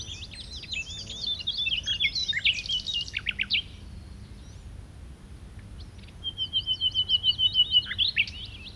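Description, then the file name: Common nightingale song: a dense burst of varied rapid notes, a short pause, then a fast steady series of repeated whistled notes. "Luscinia megarhynchos"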